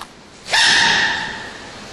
The panda sneezing.